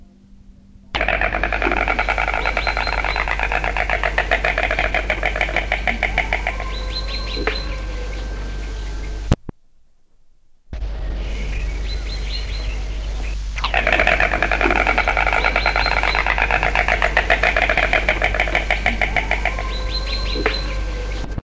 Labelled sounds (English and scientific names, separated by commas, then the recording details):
White Stork (Ciconia ciconia), House Sparrow (Passer domesticus)
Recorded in the wild
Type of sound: bill clattering
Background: Passer domesticus
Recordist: Meyer, Hugo
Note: Begrüßungsklappern